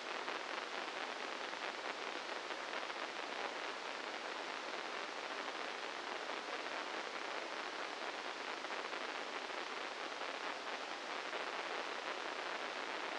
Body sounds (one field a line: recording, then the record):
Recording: brain microelectrode recording played as sound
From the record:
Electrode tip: inside the subthalamic nucleus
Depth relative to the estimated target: -4 mm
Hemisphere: right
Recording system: NeuroSet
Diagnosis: Parkinson's disease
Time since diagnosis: 15 years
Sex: female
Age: 59 years